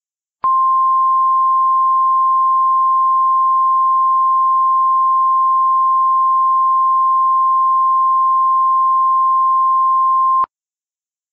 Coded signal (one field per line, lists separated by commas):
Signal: Emergency Alert System (SAME) tones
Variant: 1050 Hz attention tone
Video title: *VALID TONES* Snownado (EAS Scenario)